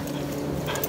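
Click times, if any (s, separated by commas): none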